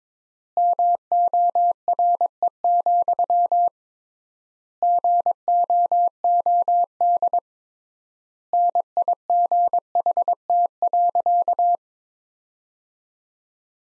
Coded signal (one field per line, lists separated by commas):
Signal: Morse code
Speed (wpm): 22 wpm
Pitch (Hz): 700 Hz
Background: none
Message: MORE, GOOD NIGHT.